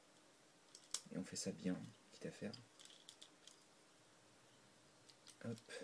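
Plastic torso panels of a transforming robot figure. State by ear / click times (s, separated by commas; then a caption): seated / 1.0 s. The two plastic torso halves of a Prime First Edition Megatron transforming robot figure are pushed together and snap into place with a sharp click at 0.9 s, so the torso is seated. A few softer plastic clicks follow, and someone talks throughout.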